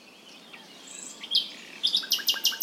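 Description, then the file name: Common nightingale song: a few soft, sharp chirps, then a rapid series of loud, evenly repeated notes. "Luscinia megarhynchos"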